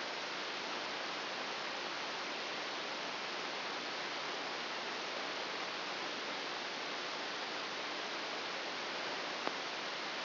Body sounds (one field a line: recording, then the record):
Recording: brain microelectrode recording played as sound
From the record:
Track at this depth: inside the subthalamic nucleus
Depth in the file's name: 3.502 mm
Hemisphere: left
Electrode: 1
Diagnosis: Parkinson's disease